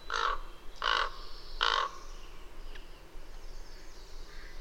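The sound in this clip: Bird calling three rasping caws spaced under a second apart, then quieter faint high sounds in the background.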